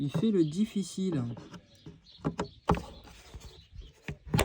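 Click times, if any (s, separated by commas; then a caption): 4.4 s. A plastic lamp cover is pressed back into its housing in the interior trim of an E36 car while LEDs are being installed; someone talks as the cover resists at first. Sharp snaps follow, and the cover clicks into place at 4.4 s, seated back on properly, with its small tabs needing to line up for it to latch.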